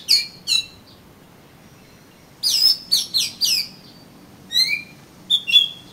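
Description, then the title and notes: Oriental magpie-robin song: separated bright chirps and whistled notes, a quick cluster of downslurred notes midway, then scattered sweet whistles with quiet gaps. "suara kacer. kumpulan suara burung kacer"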